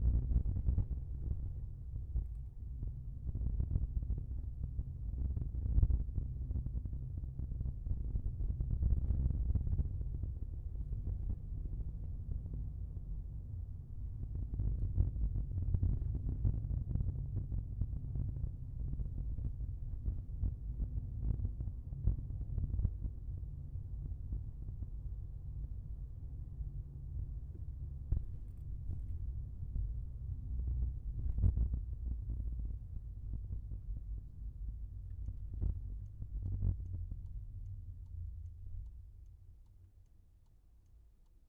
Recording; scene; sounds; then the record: everyday scene through a hearing-aid microphone; in a vehicle; engine, rumble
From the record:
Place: Skoda Fabia, gasoline engine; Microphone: behind the ear, left, front